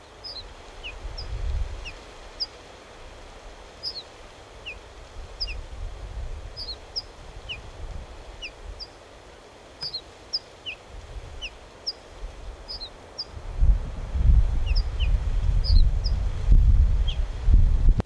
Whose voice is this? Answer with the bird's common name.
Ortolan Bunting